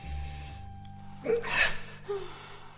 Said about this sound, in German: Ich weiß nicht, die Frau atmet. Sie schläft.